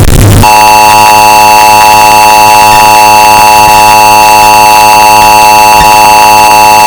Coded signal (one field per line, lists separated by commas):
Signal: Emergency Alert System (SAME) tones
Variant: 853 and 960 Hz attention tone